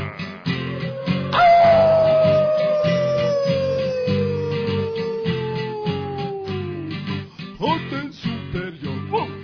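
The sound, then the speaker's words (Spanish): A long, drawn-out dog howl slides slowly downward in pitch over several seconds, with other canine cries layered in, all riding over a steady thumping music beat. “¡Aullar!”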